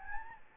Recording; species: mosquito wingbeat signal from an infrared sensor; Anopheles gambiae